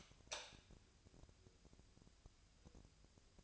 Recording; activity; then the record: daily activity, microphone in the room; light on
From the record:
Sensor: 2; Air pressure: 999.9 hPa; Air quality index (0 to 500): 117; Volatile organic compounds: 2 ppm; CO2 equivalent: 1011 ppm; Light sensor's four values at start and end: 29/74/31/35 and 34/88/37/41